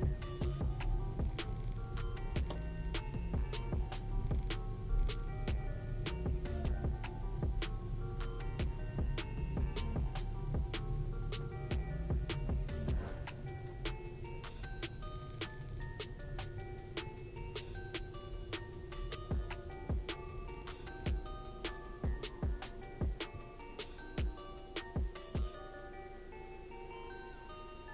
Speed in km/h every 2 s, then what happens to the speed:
12, 11, 11, 12, 11, 12, 14, 12, 10, 9, 7, 0, 0, 0.
0-13 steady at about 12. 13-22 slows to 0. 22-28 standing.